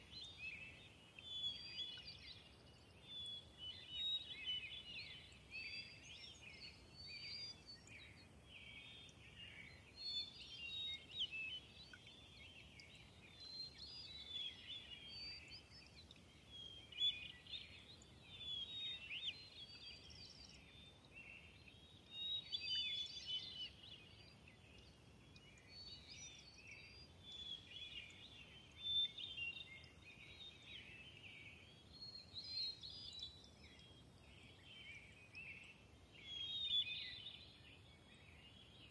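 A dawn chorus in a wet mountain meadow, with many birds singing and chirping at once in a dense, continuous tangle of bright, high calls. Individual songs rise and fall every few seconds without pause, set against a soft, low outdoor hush.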